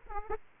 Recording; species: mosquito wingbeat signal from an infrared sensor; Aedes aegypti